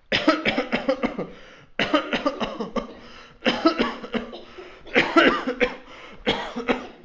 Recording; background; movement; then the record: voluntary coughing; a bystander coughing; walking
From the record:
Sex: male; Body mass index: 22.0 kg/m2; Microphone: on the chest, facing outward